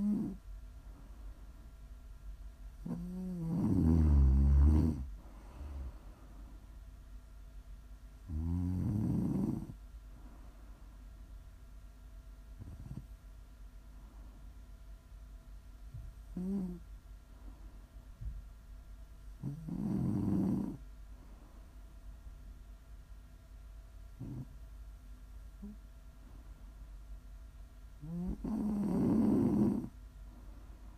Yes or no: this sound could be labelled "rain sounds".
no